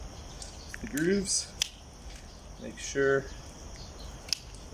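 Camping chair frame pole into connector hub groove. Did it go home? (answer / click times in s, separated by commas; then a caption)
yes / 4.3 s. While setting up a SunYEAR folding camping chair, someone talks as the shock-corded frame poles are pushed into the grooves of the connector hubs. A single sharp snap at 4.3 s marks a pole seating and locking into its groove.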